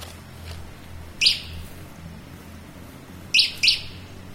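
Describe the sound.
Bird giving a lone sharp high chirp, then a quick pair of similar chirps two seconds later, with a steady low hum beneath.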